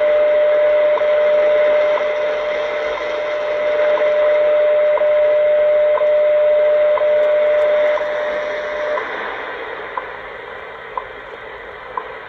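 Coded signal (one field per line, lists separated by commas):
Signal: radio time signal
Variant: WWV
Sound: steady mid-pitch tone over static, broken by short clicks every second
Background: radio static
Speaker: on the 80s 25 with the mle 30 loop antenna [Applause] [Music] 19 hours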